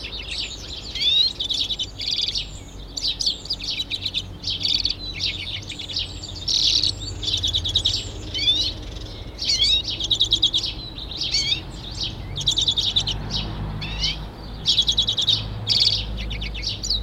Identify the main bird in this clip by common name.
Common Redpoll